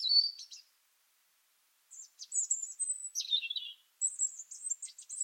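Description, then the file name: European robin singing short bursts of high sweet warbling and thin drawn-out whistles, with a second's silence after the first phrase. "Erithacus rubecula"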